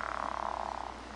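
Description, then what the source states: Pickerel frog giving a soft, rapidly pulsed snoring croak, a grating rattle that fades toward the end. Male advertisement call, a low, soft, growling snore lasting 2 to 3 seconds, roughly imitated by slowly rubbing wet hands over an inflated balloon.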